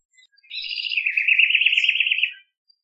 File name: Troglodytes aedon